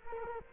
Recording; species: mosquito wingbeat signal from an infrared sensor; Culex quinquefasciatus